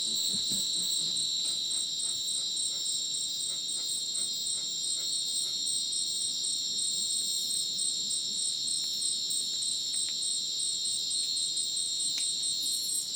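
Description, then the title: Crickets keep up a dense, shrill chorus of layered trills, with scattered faint clicks. Dense rainforest at Ucumari, Madidi National Park, Bolivia, after sunset; very dense insect chorus like a polyrhythmic electronic concert; AT BP4029 microphone, MixPre 6 recorder. "Madidi National Park, Ucumari, Bolivia - Supersonic Crickets in the rainforest"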